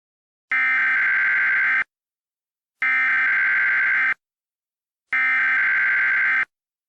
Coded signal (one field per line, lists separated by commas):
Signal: Emergency Alert System (SAME) tones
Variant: header bursts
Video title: EAS Scenario: Absolutely Radioactive Part 6